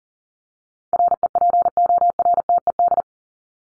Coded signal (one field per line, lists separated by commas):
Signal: Morse code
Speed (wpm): 40 wpm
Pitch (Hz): 700 Hz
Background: none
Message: REPORTED